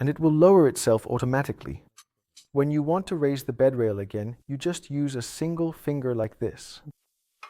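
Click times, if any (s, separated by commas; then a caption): none. Someone talks while handling the bed rail on a care bed turning aid, which lowers itself automatically and is then raised again with a single finger. A brief sharp sound comes at the very end, at 7.4 s. The bed rail latch has not clicked or locked into place yet.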